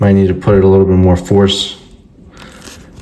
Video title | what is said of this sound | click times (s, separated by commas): WWE ELITE MONDAY NIGHT WARS RINGMASTER & BRET HART BUILDING GORILLA MONSOON REVIEW! | It's pretty good. Yeah. I didn't hear a click. | none